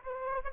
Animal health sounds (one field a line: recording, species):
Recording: mosquito wingbeat signal from an infrared sensor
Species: Aedes aegypti